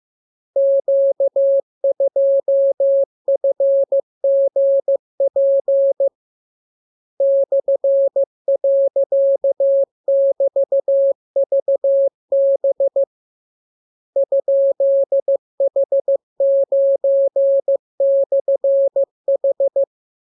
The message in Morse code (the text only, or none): Q2FGP /.<BT>VB ?H9/H